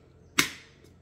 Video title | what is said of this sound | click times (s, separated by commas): Cold Brew part 2 | put the lid back in until you hear it click | 0.4 s